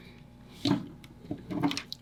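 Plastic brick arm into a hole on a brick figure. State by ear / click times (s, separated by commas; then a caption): not seated / none. A plastic brick arm assembly is pushed into a hole on the back of a LEGO The Lord of the Rings Balrog Book Nook brick figure, producing soft plastic knocks and rubbing around 0.7 s and 1.6–1.8 s, with a small sharp tick near 1.9 s. The arm has not snapped in; nothing has seated or clicked yet.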